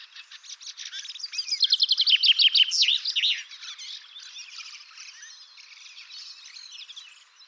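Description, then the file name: Common chaffinch singing a rapid run of repeated notes that finishes with a flourish, followed by softer bird notes. "Fringilla coelebs"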